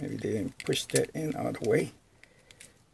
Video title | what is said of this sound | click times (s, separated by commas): Transformers Legacy Amazon Exclusive Diaclone Universe Twin twist Review | all right actually did not hear it lock back in place spin this spin | none